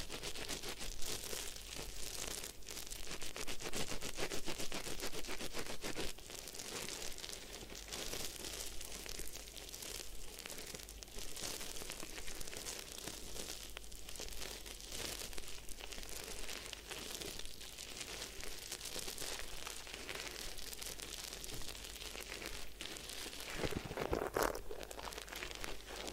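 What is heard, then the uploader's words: A head spa hair wash with dense, continuous crackling and crinkling close to the mic, like fingers working through wet hair and foam. The texture is bright and busy throughout, slightly louder in the first six seconds, with a brief faint tone near twenty-four seconds. Head Spa Hair Wash, Massage, Ear Cleaning.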